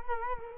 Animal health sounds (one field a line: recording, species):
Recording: mosquito wingbeat signal from an infrared sensor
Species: Culex quinquefasciatus